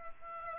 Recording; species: mosquito wingbeat signal from an infrared sensor; Aedes aegypti